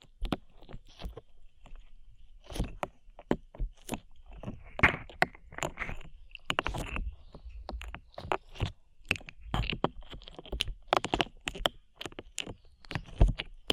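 Slime being squeezed and pressed, making a rapid series of sharp, crackly pops and squelches throughout. The clicks come irregularly but densely, several per second, bright and crisp, with soft low thumps beneath and quiet gaps between bursts.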